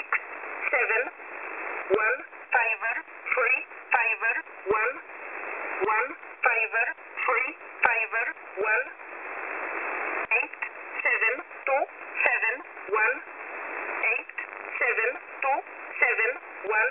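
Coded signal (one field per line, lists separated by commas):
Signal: numbers station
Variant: E11a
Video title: E11a Message 06/03/2023 1045 UTC 10200kHz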